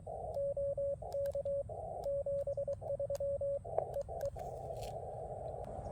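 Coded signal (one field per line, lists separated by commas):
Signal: Morse code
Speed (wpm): 23 wpm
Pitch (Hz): 530 Hz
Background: radio noise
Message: OK 73 EE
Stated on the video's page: Park activation on an Elecraft KX2.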